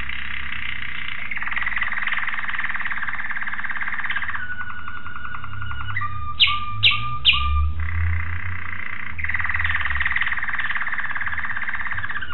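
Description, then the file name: Waterslager canary singing long rolling trills, a steady fluted tone, and three sharp, loud notes in the middle, with a constant low hum beneath. Waterslager canary; song variations. "variasi suara kenari waterslager"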